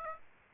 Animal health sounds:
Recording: mosquito wingbeat signal from an infrared sensor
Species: Aedes aegypti

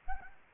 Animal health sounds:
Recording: mosquito wingbeat signal from an infrared sensor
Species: Anopheles arabiensis

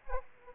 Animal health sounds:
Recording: mosquito wingbeat signal from an infrared sensor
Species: Aedes aegypti

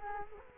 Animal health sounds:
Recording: mosquito wingbeat signal from an infrared sensor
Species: Culex quinquefasciatus

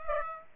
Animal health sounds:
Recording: mosquito wingbeat signal from an infrared sensor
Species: Aedes aegypti

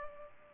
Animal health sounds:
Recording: mosquito wingbeat signal from an infrared sensor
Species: Culex pipiens

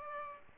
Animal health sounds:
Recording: mosquito wingbeat signal from an infrared sensor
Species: Aedes aegypti

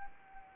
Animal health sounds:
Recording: mosquito wingbeat signal from an infrared sensor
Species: Anopheles arabiensis

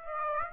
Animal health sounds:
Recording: mosquito wingbeat signal from an infrared sensor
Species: Aedes aegypti

